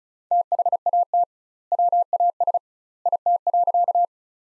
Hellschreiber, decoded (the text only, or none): none